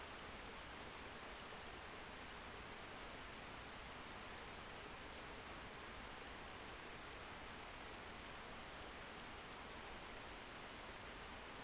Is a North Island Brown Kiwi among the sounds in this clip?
no